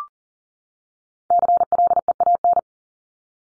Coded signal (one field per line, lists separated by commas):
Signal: Morse code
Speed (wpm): 40 wpm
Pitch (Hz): 700 Hz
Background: none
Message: CLEAN